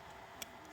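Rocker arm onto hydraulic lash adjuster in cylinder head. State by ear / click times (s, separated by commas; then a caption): seated / 0.4 s. A metal rocker arm on an early Subaru Legacy/Liberty RS EJ20 engine is put back over a newly replaced hydraulic lash adjuster in the cylinder head. A single sharp, bright click at 0.4 s stands out over a steady low background noise. The rocker arm clicks back into place, seated.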